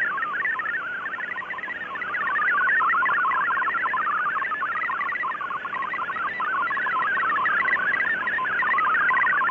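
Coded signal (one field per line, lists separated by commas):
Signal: multi-tone FSK (Olivia or MFSK type)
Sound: rapid warbling tone jumping between pitches, continuous bubbling melody-like data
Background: radio static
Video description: For a simple test, extract the audio track from this video and decode it using FLDIGI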